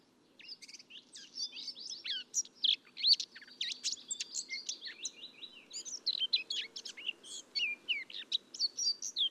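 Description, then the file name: Eurasian blackcap giving a fast, jumbled warble of high twittering and scratchy notes that runs almost without pause. "Sylvia atricapilla"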